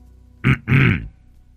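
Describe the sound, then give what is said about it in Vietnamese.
A deliberate two-part cough heard from behind in a courtyard scene of an audio story: a short sharp burst followed by a longer, rougher voiced one, low and throaty, loud against a quiet background with no talking. “Cô chưa kịp tiến lại gần chồng mình thì đằng sau đã có tiếng ho vọng lại.”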